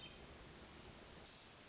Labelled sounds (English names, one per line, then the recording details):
Hermit Thrush
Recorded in Sonoma County, California